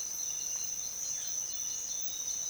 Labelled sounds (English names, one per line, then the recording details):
none
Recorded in dense forest near Puerto Asís, Putumayo, Colombia, on 19 February 2024 at 06:30
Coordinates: 0.499, -76.324
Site G6469